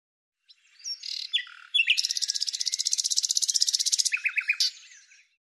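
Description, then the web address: Bird singing a few varied notes, then a long fast buzzy trill of about two and a half seconds, closing with several quick downslurred notes. "Deverinetal 2025"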